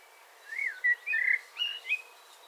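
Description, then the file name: Eurasian blackbird song: a short, rich phrase of smooth fluty whistles, slurring up and down, ending in a couple of higher notes. "Turdus merula"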